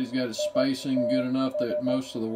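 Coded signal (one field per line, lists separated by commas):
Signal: Morse code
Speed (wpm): 15 wpm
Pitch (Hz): 600 Hz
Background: speech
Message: ITS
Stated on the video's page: CW received and decoded on a Yaesu FTDX3000 transceiver.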